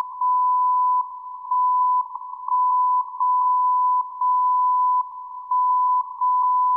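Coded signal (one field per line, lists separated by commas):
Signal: radio time signal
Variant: WWVB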